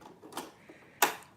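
A plastic bobbin is pushed onto the bobbin winder spindle of a sewing machine while it is being threaded to wind a bobbin. After a few faint ticks and rustles, a sharp click at 1.0 s marks the bobbin snapping home, and it is seated.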